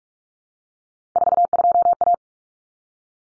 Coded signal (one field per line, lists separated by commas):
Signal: Morse code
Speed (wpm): 44 wpm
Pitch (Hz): 700 Hz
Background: none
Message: 42A